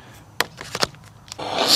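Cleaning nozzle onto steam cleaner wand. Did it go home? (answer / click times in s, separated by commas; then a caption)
yes / 0.4 s. A chemical-cleaning nozzle is pushed onto the wand of a 3-in-1 steam cleaner; it goes on very easily and locks in place with a sharp click at 0.4 s. Softer ticks follow at about 0.8 s and 1.3 s, then a broad hiss rises steadily until the end.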